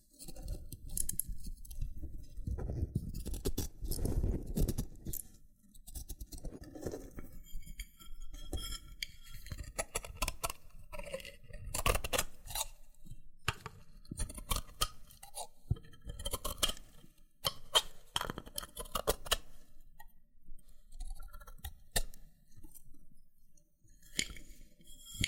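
Loofah being handled, with crisp peeling and popping sounds coming in quick, irregular bursts throughout. Sharp bright clicks and crackles stand out over a softer rubbing and scraping, with heavier low rustling in the first few seconds and again around twelve seconds.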